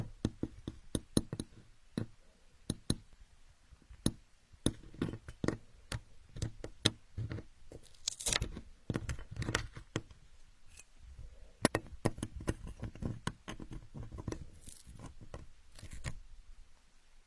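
Building blocks knock and clatter in irregular bursts of sharp taps, some quick clusters, a few louder clacks around eight and twelve seconds.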